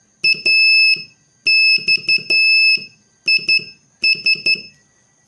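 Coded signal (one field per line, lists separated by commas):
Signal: Morse code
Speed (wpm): 12 wpm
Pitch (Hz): 2600 Hz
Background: none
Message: AXIS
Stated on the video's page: Morse code lesson practice adding letters P and X, using three- and four-letter practice words.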